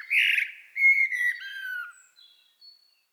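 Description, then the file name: Common blackbird song: a loud rich note, then a long fluted whistle sliding gently downward, trailing off into faint high sounds. "Turdus merula"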